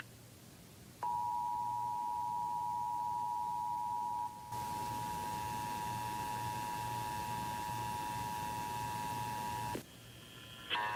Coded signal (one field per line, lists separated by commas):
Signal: Emergency Alert System (SAME) tones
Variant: 853 and 960 Hz attention tone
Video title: Iowa Required Monthly Test (EAS #179)